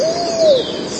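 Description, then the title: Pigeon with one smooth tonal coo, steady then gently dropping at the end, over a soft hissing background. "Canto Da Pomba"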